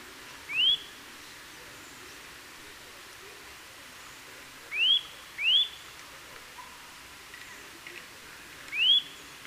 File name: Sitta europaea